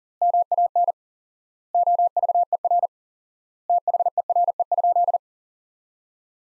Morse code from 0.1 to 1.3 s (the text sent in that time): MAN